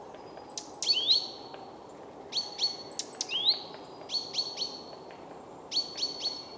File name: Parus major